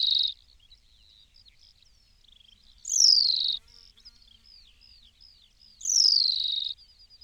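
New Zealand pipit calls: three loud, drawn-out descending screeches about three seconds apart, the first cut off at the start, over faint high twittering.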